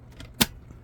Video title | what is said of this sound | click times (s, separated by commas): Earthquake/ I think I felt a small earthquake while I was filming. Chefman electric kettle | out, and it just pops right in there. | 0.4 s